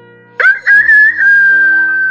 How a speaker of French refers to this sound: Vers midi, ils arrivèrent dans une cour où un coq chantait à gorge déployée. Quel boucan ! S'écria l'âne. Pourquoi fais-tu ce vacarme ? Demanda-t-il au coq.